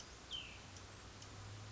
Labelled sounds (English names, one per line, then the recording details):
Cassin's Vireo
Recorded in Sonoma County, California